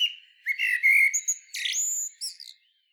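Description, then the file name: Common blackbird giving a short phrase: a low mellow whistle, then a sharp, high squeaky flourish and a few thin notes. "Turdus merula"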